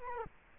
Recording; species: mosquito wingbeat signal from an infrared sensor; Culex quinquefasciatus